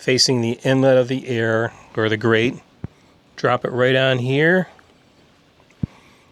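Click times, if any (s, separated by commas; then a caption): 5.7 s, 5.8 s. Someone talks while new dust filter material is laid onto the RV ceiling air conditioner intake grille frame, blue side facing the inlet. The filter retainer is pressed down and snaps into place with sharp clicks at 5.7 and 5.8 seconds, seating it in the grille.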